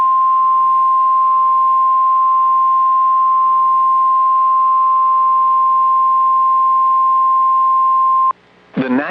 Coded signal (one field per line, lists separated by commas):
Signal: Emergency Alert System (SAME) tones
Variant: 1050 Hz attention tone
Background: speech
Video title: Severe Weather Outbreak: EAS Alerts from Oct 24, 2025 on NOAA Weather Radio station KEC55 and WBAP